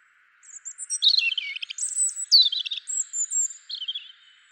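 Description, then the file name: European robin delivering one continuous varied phrase of high, thin whistles, downward slurs and quick liquid twitters. "Erithacus rubecula"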